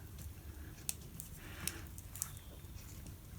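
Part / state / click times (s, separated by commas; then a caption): terminal pin into motorcycle wiring connector housing / seated / 0.9 s. A second terminal pin is pushed through into the plastic Deutsch connector housing of a Sportster Sport 1200 motorcycle's wiring. It clicks into place with a sharp tick at 0.9 s, followed by a few softer ticks and handling noise. The pin is seated, but it has gone into the wrong position in the housing.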